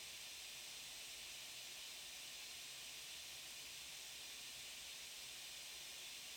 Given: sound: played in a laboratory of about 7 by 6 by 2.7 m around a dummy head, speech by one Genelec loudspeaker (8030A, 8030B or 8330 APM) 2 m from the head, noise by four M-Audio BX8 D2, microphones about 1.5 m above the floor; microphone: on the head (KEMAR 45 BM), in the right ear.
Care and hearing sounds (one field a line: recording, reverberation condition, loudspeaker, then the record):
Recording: white noise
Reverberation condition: low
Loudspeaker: four, about 170 cm from the corners of the room and facing them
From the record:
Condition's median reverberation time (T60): about 310 ms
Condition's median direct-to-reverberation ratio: about 3.5 dB